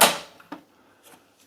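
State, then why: Seated. A colour ink cartridge is pushed into the carriage of an HP DeskJet Plus 4120 printer and latches home with a sharp, bright click at 0.0 s. Two smaller ticks follow at about 0.4 s and 0.5 s, then a faint rustle near 1.1 s. The cartridge is seated.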